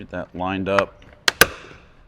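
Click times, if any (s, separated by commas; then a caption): 1.3 s, 1.4 s. Someone talks while lining up the plastic trim cover behind the interior door handle of a 2014–2021 Toyota Tundra. Two sharp snaps are heard at 1.3 s and 1.4 s as the cover is pressed into the door panel and seats in place.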